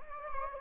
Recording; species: mosquito wingbeat signal from an infrared sensor; Anopheles gambiae